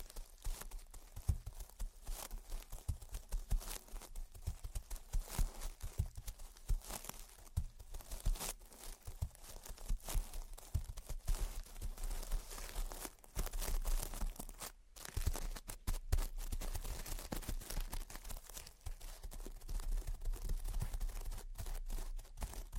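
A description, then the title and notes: Gentle tapping and scratching runs for the whole stretch, a dense patter of quick, irregular taps mixed with rough, crinkly scrapes and soft low thumps underneath. The sound briefly drops out around the fifteen-second mark, then resumes with sharp clicks. Gentle Tapping and Scratching. (No Talking).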